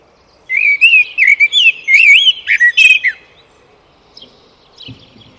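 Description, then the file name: Eurasian blackbird song: a long run of rich warbled whistles climbing and dipping, closing with a scratchy high flourish, then faint background twitters. "Turdus merula"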